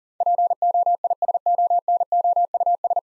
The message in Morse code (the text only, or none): POISONOUS